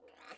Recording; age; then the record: pig call; piglet (1 to 25 days)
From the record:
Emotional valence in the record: negative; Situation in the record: restrain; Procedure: in the arms of a person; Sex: male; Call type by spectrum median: low-frequency call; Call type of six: low-frequency tonal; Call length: 0.37 s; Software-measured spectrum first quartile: 797 Hz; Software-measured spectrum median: 1455 Hz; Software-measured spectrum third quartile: 2688 Hz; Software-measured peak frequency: 501 Hz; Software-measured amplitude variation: 154 dB a second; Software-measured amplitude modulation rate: 20.2 a second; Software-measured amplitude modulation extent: 7.6 dB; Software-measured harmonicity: 1.2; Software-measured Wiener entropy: -1.29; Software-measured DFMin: 1096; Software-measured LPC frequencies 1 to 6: 637, 1341, 1972, 2550, 4218, 5290 Hz